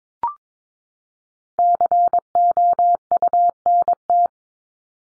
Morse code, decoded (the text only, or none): COUNT